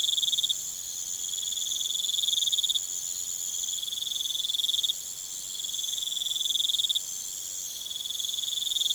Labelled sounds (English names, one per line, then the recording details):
none
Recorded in pastures near Puerto Asís, Putumayo, Colombia, on 23 June 2025 at 22:00
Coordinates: 0.486, -76.323
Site H29